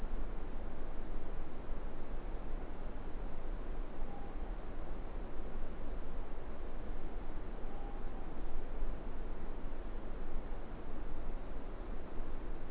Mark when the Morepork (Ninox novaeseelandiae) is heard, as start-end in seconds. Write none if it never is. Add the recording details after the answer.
3.99-4.96, 7.61-8.59. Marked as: faintness 5/5. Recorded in New Zealand. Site Eglinton